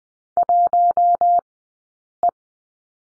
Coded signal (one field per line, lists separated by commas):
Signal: Morse code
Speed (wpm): 19 wpm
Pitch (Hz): 700 Hz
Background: none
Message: 1 E